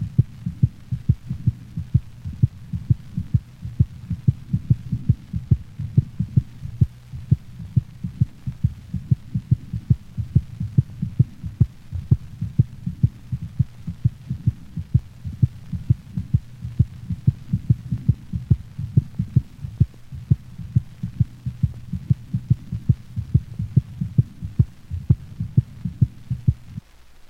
Second heart sound is shorter and of higher frequency than the first sound. It is best heard over the pulmonic valve. A normal dog's heart sounds recorded over the pulmonic valve.